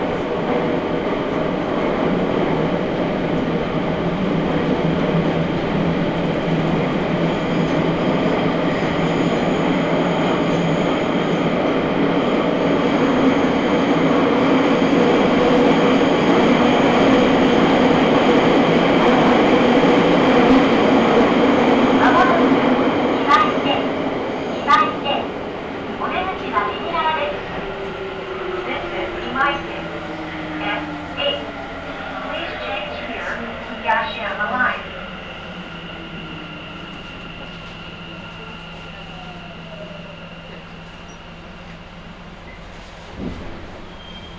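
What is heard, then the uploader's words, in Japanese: A subway train runs at speed with a dense, steady rumble and roar for the first twenty seconds, then slows. From about 23 to 35 seconds sharp squeals and clicks from the wheels and brakes cut through a falling whine, leaving a quieter low hum at the end. 名古屋市営地下鉄桜通線 太閤通→徳重。桜通線の太閤通から徳重までの全区間を乗った時のものです。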